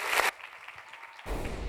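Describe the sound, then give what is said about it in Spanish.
An audience, urged to clap louder than the audio, applauds in a dense, hissing wash of claps that thins to a scattered patter for about a second, then swells back up loudly. “Bueno, a ver, aplaudan más fuerte que el audio.”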